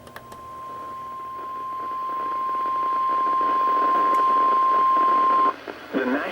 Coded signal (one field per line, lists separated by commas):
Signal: Emergency Alert System (SAME) tones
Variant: 1050 Hz attention tone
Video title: EAS #1129-#1135: To the Northeast | KHB36 & KEC83